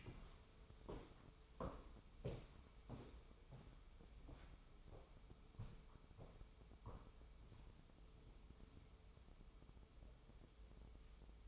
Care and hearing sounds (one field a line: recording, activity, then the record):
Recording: daily activity, microphone in the room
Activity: walk to room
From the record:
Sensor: 1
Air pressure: 988.1 hPa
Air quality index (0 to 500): 166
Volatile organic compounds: 251 ppm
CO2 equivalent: 4364 ppm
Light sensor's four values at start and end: 31/109/42/44 and 30/107/41/43